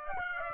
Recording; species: mosquito wingbeat signal from an infrared sensor; Aedes aegypti